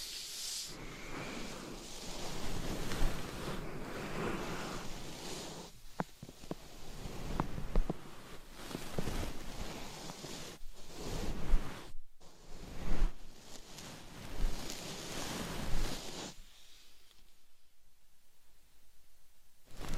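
Scratching and tapping sounds, dense and rustly, run through most of the clip with uneven swells and sharper taps around 6, 12 and 13 seconds. The texture is bright and hissy, like rubbing against fabric. Near the end it thins to a quieter, duller scratching.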